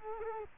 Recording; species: mosquito wingbeat signal from an infrared sensor; Culex quinquefasciatus